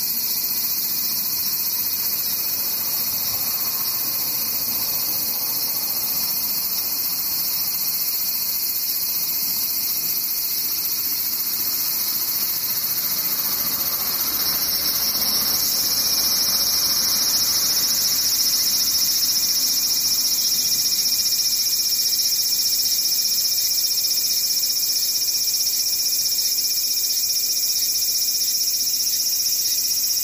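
Cicadas drone without pause, a dense, shrill buzzing high in pitch that fills the whole recording at an even level. Around the middle a second, slightly different whine joins in and carries on to the end, layered over a faint low rumble.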